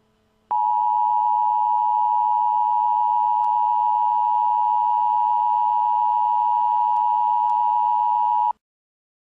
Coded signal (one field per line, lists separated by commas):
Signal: Emergency Alert System (SAME) tones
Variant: 853 and 960 Hz attention tone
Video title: Severe Thunderstorm Warning